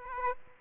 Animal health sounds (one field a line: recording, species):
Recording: mosquito wingbeat signal from an infrared sensor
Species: Aedes aegypti